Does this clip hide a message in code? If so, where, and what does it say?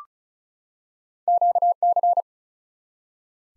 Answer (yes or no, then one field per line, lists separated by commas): yes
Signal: Morse code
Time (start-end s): 1.3-2.2 s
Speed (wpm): 36 wpm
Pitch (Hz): 700 Hz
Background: none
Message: QC